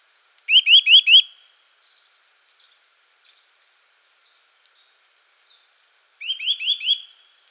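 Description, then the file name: Eurasian nuthatch calls: two loud bursts of a few sharp rising whistled notes several seconds apart, with softer chirps in between. "Sitta europaea"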